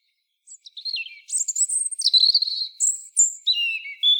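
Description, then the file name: European robin song, a rich, fluid run of high warbled notes, thin sustained whistles and quick trills that shift abruptly in pitch. "Erithacus rubecula"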